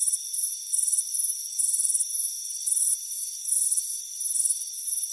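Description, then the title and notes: High-pitched cricket chirps arriving in short pulsing groups, separated by brief softer gaps, with an unbroken thin hum of insects below. "Soothing Crickets Chirping Sound. It's a warm afternoon as you relax in a hammock on the front porch. Relax and fall asleep to the soothing sound of chirping crickets. Deep Sleep Sounds"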